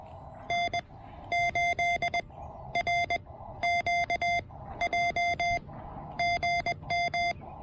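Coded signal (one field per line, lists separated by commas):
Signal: Morse code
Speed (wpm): 20 wpm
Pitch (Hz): 700 Hz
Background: none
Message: N8RQJ GM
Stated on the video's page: QRP Parks on the Air activation using a TEN-TEC R4020.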